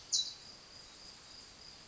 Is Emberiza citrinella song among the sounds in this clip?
no